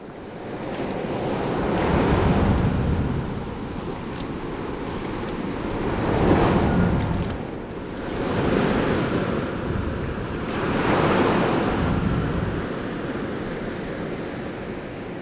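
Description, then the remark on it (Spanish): Sea waves break on a shore in slow, rolling surges, a broad hiss of surf swelling and fading roughly every four seconds over a steady rumble, with no voices. “Para entender el mar hay que tener ritmo, establecer un diálogo, tararear una secuencia musical, vincular una historia con un ruido y con otro.”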